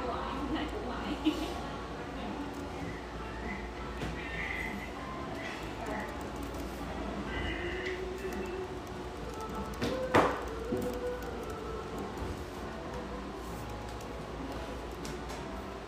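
Coffeehouse ambience: a steady, dense murmur of voices and low rumble carries through the whole stretch, with faint mellow music drifting underneath. Occasional sharp clinks punctuate it, near the start, around four seconds, and a louder clatter at about ten seconds.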